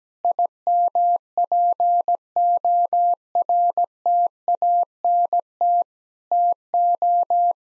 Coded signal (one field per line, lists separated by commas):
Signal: Morse code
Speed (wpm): 17 wpm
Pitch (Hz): 700 Hz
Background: none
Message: IMPORTANT TO